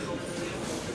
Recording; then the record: coughing mixed with background sound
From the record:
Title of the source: 64 coughing, allergies, singing lungs